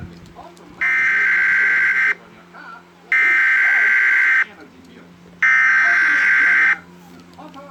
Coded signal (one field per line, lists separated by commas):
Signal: Emergency Alert System (SAME) tones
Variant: header bursts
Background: speech